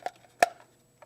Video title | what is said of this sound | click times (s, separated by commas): Troubleshooting a Float Within a Quik Water Leveler | which just snaps in place | 0.4 s